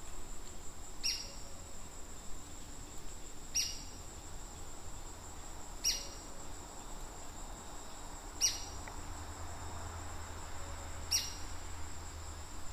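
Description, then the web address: White-crested spadebill giving sharp, high call notes, one roughly every two and a half seconds, five in all, over a steady high insect drone. "White crested spadebill. صدای-پرنده-بیلچه-نوک-کاکل-سفید"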